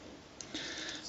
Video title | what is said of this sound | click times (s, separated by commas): Transformers Generations JUNKHEAP & SKY SHADOW ( BLACK SHADOW ) Review | push all these up until it clicks into place | 0.4 s